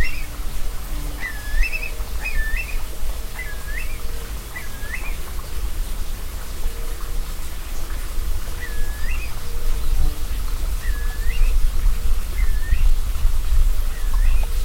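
Curlew calling: clear rising whistled notes, fast and close together at first, then more widely and irregularly spaced, over constant low rumble and faint tonal hum.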